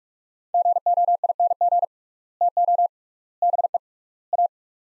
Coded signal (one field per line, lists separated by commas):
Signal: Morse code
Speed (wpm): 43 wpm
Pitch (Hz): 700 Hz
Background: none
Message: GOING TO BE A